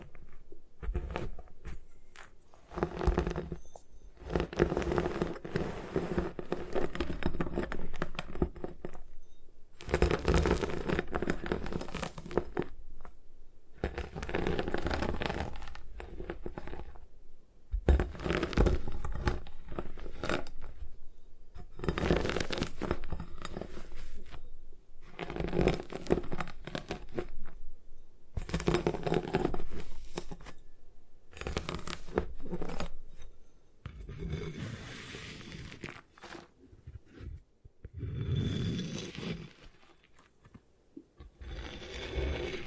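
Gym chalk being destroyed in repeated bursts of crunching, crumbling and scraping, each a few seconds long, separated by short pauses throughout.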